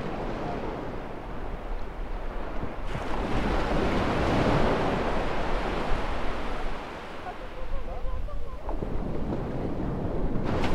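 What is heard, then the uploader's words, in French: Waves roll and wash in a steady, dense rush, swelling louder around four to six seconds and easing briefly near seven seconds. Low wind rumble buffets underneath throughout, with a few faint higher tones and a sharper burst of noise at the very end. L'île d'Houat, d'une superficie de 2,91 km² est situé en Bretagne. Le son des vagues.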